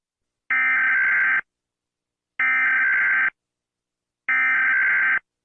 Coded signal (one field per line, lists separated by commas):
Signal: Emergency Alert System (SAME) tones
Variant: header bursts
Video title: "False Wendigos" Recovered EAS footage.